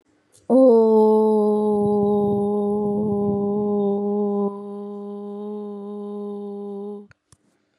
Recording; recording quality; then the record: sustained vowel as in boot; excellent, no background noise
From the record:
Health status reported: COVID-19 positive, mild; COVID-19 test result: positive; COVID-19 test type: RT-PCR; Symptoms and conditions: fatigue, muscle pain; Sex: female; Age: 28 years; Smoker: no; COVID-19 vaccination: both doses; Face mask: not worn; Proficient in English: yes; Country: India